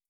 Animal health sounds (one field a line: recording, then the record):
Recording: hydrophone in a shrimp aquaculture tank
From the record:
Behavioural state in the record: starved